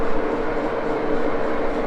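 The top collar of a Wohlhaupter UK4 angle-cutting boring head is pushed in and rotated to find its detent spot. A steady, even noise is heard throughout, with a constant tone near 450 Hz and no sudden sounds. The collar has not clicked in yet.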